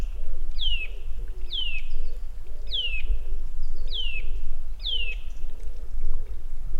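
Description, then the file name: Eurasian nuthatch calls: loud, descending whistled notes sliding from high to lower pitch, repeated about once a second, over a steady low rumble of background noise. "Sitta europaea"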